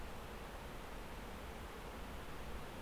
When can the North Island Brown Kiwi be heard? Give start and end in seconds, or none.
none